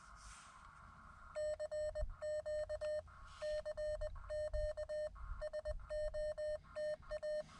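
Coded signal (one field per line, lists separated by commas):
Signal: Morse code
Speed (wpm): 20 wpm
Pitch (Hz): 610 Hz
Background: none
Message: CQ CQ SOTA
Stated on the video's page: CW from a Summits On The Air activation of a never-activated summit, using a modified MTR3B on 17 m, seeking DX.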